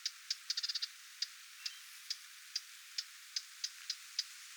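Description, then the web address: Lesser whitethroat calling a quick cluster of clicks, then slower single tek notes about every half second. Parent bird giving attention calls near its fledglings, 20 July 2026. "paivat 20 7 2026 hernekerttulintuemon huomioaantelya lentopoikastensa lahella"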